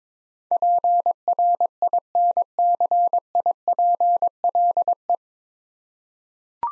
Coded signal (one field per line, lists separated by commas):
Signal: Morse code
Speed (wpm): 22 wpm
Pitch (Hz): 700 Hz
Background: none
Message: PRINCIPLE